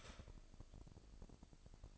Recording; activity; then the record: daily activity, microphone in the room; start toaster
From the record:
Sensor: 5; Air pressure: 1007.1 hPa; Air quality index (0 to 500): 128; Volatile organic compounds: 1 ppm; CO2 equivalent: 972 ppm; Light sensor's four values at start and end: 27/62/25/26 and 27/62/25/26